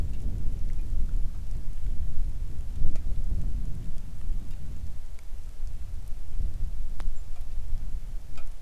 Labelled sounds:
wind
rain
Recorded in the Arctic National Wildlife Refuge, Alaska, on 3 August 2019 at 09:59
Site 41

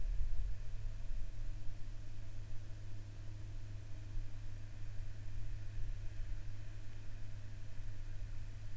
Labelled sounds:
water
aircraft
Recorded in the Prudhoe Bay oil fields, Alaska, on 21 August 2019 at 07:29
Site 14

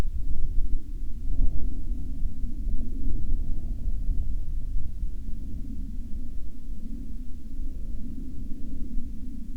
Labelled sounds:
aircraft
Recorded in the Prudhoe Bay oil fields, Alaska, on 28 July 2019 at 19:49
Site 14

